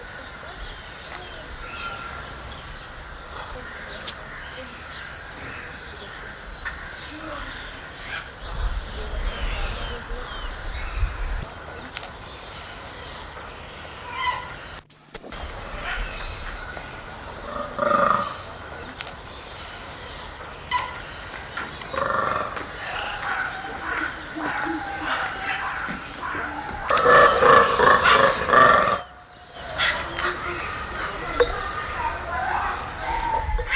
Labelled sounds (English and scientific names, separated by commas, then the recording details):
Golden Lion Tamarin (Leontopithecus rosalia) call
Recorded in captivity
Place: Zoo Magdeburg, Sachsen-Anhalt, DE
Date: 1995-04-05
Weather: sonnig, 8°C
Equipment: Sony WM-D6C, Mikro Philips, Kopie Uher 4200 Report Mono
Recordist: Tembrock, Günter